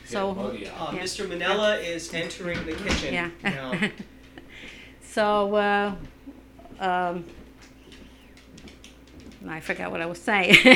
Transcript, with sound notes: Mr. Manella is entering the kitchen.
( she laughs ) So, I forgot what I was saying.